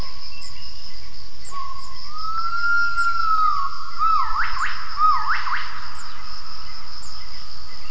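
Gibbon call: a long, steady, pure whistled note, then two quick swooping notes that sweep sharply upward, over a constant high hum.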